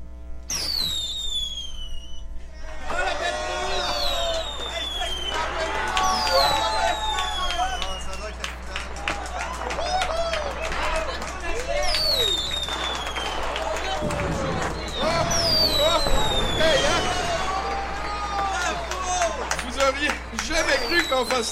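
A fireworks display: a dense, steady stream of sharp crackles and pops mixed with whistling tones that sweep up and down, with a low rumble underneath the whole time.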